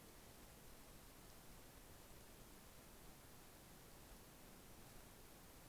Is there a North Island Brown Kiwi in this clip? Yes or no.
no